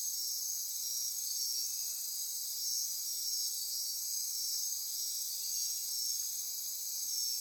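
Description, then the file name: Insects in chorus, an unbroken high shimmering buzz with pulsing trill bands holding steady for the whole stretch. Midnight insect chorus recorded near Corcovado. "Andy-Martin Midnight-Insect-Chorus-Near-Corcovado"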